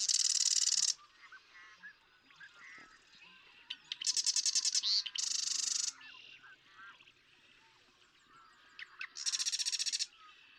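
Marsh Wren singing rattling, mechanical trills in several bursts separated by pauses.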